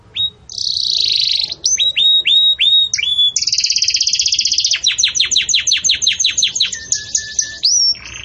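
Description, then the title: Belgian canary song of rolling buzzy trills, a run of rising whistled notes, then quick repeated downward chirps and a low flat note. Belgian canary singing the 'campainha' (bell) song style, for tutoring young chicks. "Belíssimo Canto Do Canário Belga Campainha Para Encarte De Filhotes"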